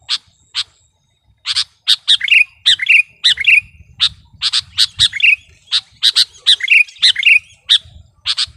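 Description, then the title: Sooty-headed bulbul song: a couple of sharp single notes and a brief pause, then sharp clicky notes mixed with gurgling phrases that slide downward, delivered almost continuously. "kutilang"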